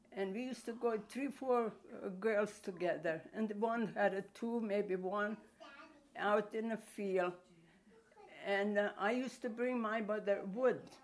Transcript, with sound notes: and we used to go three or four girls together and one had a two maybe one...... (Unidentified little girl talking in background.) out in a field and I used to bring my mother wood.